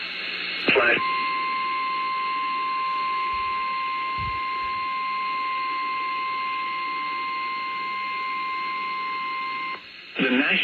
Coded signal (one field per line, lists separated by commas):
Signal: Emergency Alert System (SAME) tones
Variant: 1050 Hz attention tone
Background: speech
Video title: [EAS #55-67] Beyond SoCal - Day 1 - EAS alert compilation from 1/9/2023